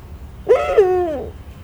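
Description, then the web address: Eurasian eagle-owl giving one rich, nasal call that starts abruptly, holds briefly and slides down in pitch, over a low background hum. Captive at a zoo in Szeged, Hungary; recorded 2011. "szegedizoo 2011 standardt uhu"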